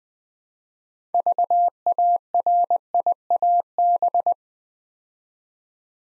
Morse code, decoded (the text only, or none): VARIAB